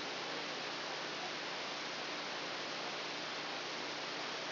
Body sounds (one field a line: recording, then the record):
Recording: brain microelectrode recording played as sound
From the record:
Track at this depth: outside the subthalamic nucleus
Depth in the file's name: -0.883 mm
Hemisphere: left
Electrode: 2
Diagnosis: Parkinson's disease